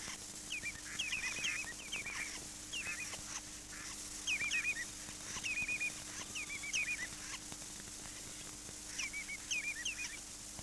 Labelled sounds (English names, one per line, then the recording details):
Common Redshank call
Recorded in the wild
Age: adult
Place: Bölsdorfer Haken, Altmark, Sachsen-Anhalt, DE
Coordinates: 52.508, 11.964
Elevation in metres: 32
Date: 1963-08-12
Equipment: R 21, Transistorverstärker, Vollspur
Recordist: Lippert, Wolfgang